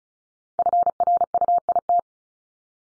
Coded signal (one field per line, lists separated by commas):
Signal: Morse code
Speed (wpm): 36 wpm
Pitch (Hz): 700 Hz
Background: none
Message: FRUIT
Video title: Multi-letter Phonemes 35wpm